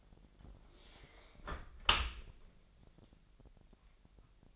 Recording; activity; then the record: daily activity, microphone in the room; close dishwasher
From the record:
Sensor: 5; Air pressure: 1000.6 hPa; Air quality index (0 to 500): 248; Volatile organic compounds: 35 ppm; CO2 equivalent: 3052 ppm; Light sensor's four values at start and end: 31/72/29/27 and 31/72/29/27